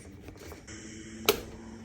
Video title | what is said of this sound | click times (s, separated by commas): John Deere X350 100 hr Service | it'll click into place on to the next one | 1.3 s